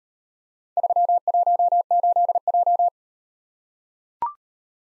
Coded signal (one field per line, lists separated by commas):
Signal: Morse code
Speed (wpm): 38 wpm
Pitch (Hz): 700 Hz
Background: none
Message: 318J